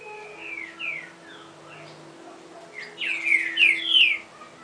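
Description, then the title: Double-collared seedeater song, soft slurred notes at first, then three louder downslurred whistles in quick succession; steady humming drone in the background. "Canto Coleiro"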